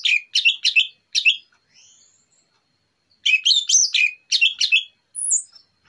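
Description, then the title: Orange-headed thrush song, a quick jumble of sharp chirps and warbled notes, paused briefly midway before a longer varied phrase ending on a thin high whistle. Relaxed morning song, used as a lure. "Pancingan Anis Merah Plong Santai Pagi Hari"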